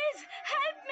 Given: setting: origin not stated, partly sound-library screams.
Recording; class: one-second piece from a danger detection set; woman in danger